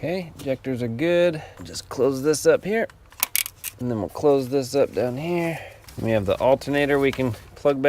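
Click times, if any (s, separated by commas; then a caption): 3.4 s. During a 2000-2006 GMC Yukon knock sensor replacement, after the injectors are checked, the plastic lock tab on the injector harness connector is pushed shut. Someone talks, then a short burst of sharp clicks lands around 3.1–3.7 s, with the loudest snap at 3.4 s as the lock seats, and the talking resumes.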